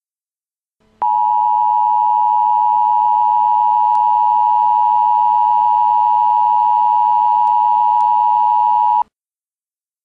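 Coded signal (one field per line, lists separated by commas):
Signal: Emergency Alert System (SAME) tones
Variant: 853 and 960 Hz attention tone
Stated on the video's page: Simulated Emergency Alert System nuclear missile alert for Long Island, New York.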